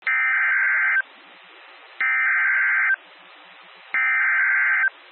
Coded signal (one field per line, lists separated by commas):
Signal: Emergency Alert System (SAME) tones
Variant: header bursts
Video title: Severe Thunderstorm Warning (Chester, Delaware, Montgomery Counties, PA) (7/31/25) [EAS #193]